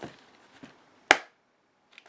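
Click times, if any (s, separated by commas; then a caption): 1.1 s. A Dye i5 paintball mask has the second side of its plastic goggle lens pushed into the frame. Faint handling noises lead to one loud, sharp snap at 1.1 s, followed by a few quiet taps. The lens side is seated in the mask frame.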